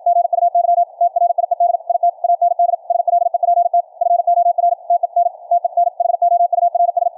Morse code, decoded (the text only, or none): GUY TRIED IT AND SLEPT FOR TE N TEN HOURS